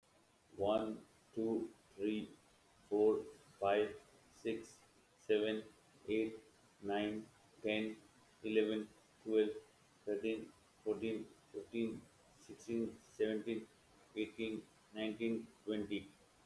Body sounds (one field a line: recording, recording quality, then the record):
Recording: counting at a normal pace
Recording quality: excellent, no background noise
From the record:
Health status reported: healthy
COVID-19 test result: negative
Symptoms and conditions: diabetes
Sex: male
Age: 54 years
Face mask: not worn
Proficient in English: yes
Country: India